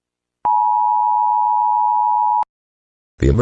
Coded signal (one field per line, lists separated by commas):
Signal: Emergency Alert System (SAME) tones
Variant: 853 and 960 Hz attention tone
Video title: Disappearing Continent || Eas Scenario ||